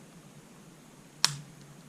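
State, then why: Seated. A plastic steering linkage end on a Haiboxing HBX PROTECTOR RC car is pushed over a ball stud with a little pressure. It snaps into place with a single sharp click at 1.2 s over a quiet, steady background, with a brief fading tail after the click. The linkage is seated on the ball stud.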